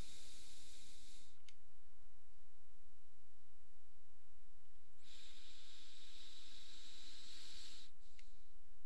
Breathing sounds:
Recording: nose breathing near a microphone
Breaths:
0.00-1.37 s: exhalation
4.77-8.07 s: inhalation
From the record:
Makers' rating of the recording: medium

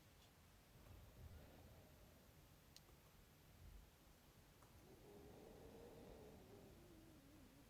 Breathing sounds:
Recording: nose breathing near a microphone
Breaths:
0.68-2.77 s: inhalation
4.51-7.70 s: exhalation
From the record:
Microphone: phone

